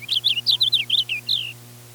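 Purple Finch warbling a fast run of sweet, up-and-down slurred notes lasting about one and a half seconds, closing with a drawn-out falling note; faint hum underneath.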